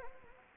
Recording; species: mosquito wingbeat signal from an infrared sensor; Anopheles gambiae